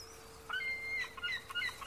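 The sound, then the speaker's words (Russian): Seagulls and crows soar and call in the sky over Gampo Abbey monastery, where sea and sky meet, in a quick scatter of thin, high chirps and short rising cries, several overlapping, over a faint steady hum with no talking. “Горизонт бесконечен, и в безграничном небе парят чайки и вороны.”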